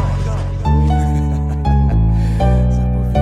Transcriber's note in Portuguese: Risos